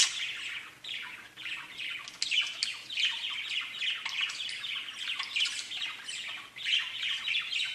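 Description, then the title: Budgerigar warbling, a continuous scratchy chatter with occasional sharper chirps. "Budgie Sounds"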